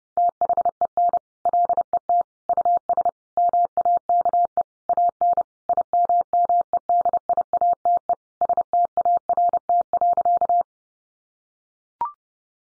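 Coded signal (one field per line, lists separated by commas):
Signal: Morse code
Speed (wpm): 30 wpm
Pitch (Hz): 700 Hz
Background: none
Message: THEN LET US MAKE AN IMMEDIATE START.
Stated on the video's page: Practice sentences from the top 1200 words sent at 30 wpm for head-copy, each sent twice.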